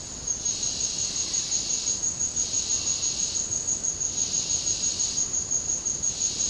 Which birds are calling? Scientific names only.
none